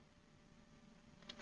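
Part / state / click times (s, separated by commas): plastic clip of a VHS-style collector case / not seated / none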